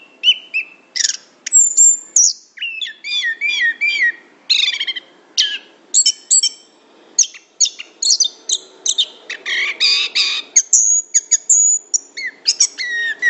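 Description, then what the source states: Orange-headed thrush song: varied run of whistles, rapid trills and chattering notes, repeated in short bursts with brief gaps. Described with the Indonesian term 'gacor', used for a bird in full, continuous song.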